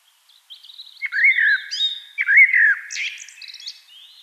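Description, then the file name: Eurasian blackbird song: two loud, swooping fluted notes with a thin high twittering around and after them. "Turdus merula"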